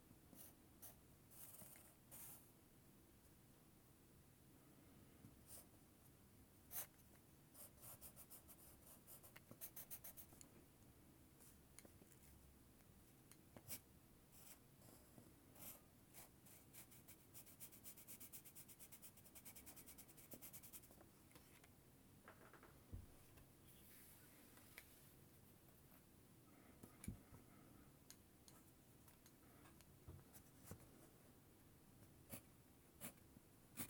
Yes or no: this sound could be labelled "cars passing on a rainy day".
no